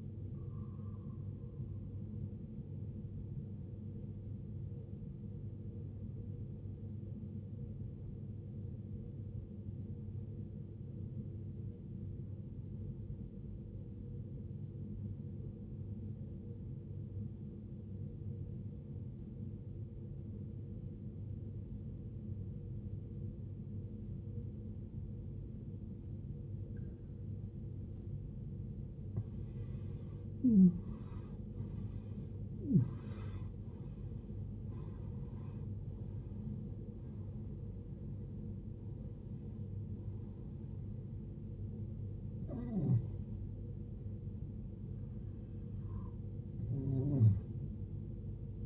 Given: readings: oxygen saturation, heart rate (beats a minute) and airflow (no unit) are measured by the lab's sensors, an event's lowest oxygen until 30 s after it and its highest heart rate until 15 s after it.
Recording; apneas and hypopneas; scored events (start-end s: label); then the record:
breathing in sleep by a smartphone at the bedside; 1
7.00-30.80 s: obstructive apnea (N1, oxygen 95% highest, then 83% lowest, heart rate 58 at the start, 81 highest)
From the record:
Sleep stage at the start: N1 (lightest sleep); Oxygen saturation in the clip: 85 to 95%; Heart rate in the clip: 56 to 81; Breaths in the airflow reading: 7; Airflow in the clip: -20.6 to 18.6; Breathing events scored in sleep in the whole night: 389 in 6.3 hours asleep